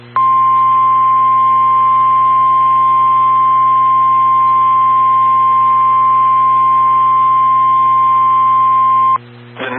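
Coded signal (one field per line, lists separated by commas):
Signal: Emergency Alert System (SAME) tones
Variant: 1050 Hz attention tone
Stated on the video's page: Valid EAS tones for a Tornado Watch issued by the Storm Prediction Center.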